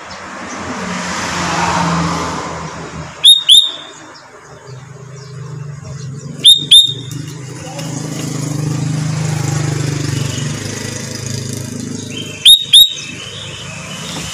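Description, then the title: Sooty-headed bulbul repeating a short chirpy whistled phrase three times, roughly every three to six seconds, against constant low background noise. "Kutilang"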